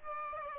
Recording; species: mosquito wingbeat signal from an infrared sensor; Aedes aegypti